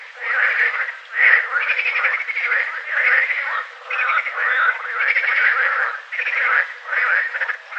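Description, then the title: Water frog chorus of pulsed, rattling croaks coming in bursts about every second, calls overlapping steadily throughout. Several green frogs, recorded at Combrit, Finistère, France, in June 2010. "Sylvain Jaskowiak - Animus. Grenouilles vertes - Combrit, Finistère - juin 2010"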